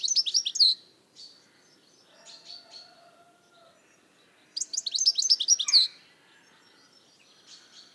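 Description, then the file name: European goldfinch giving two rapid tinkling twitter bursts, with soft lower tones in between. "Carduelis carduelis"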